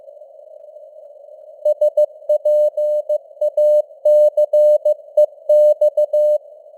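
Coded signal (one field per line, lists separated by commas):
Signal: Morse code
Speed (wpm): 15 wpm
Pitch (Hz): 600 Hz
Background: none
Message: SPACEX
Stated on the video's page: News headlines sent in Morse at 15 wpm with simulated radio noise and varying signal strength (QSB).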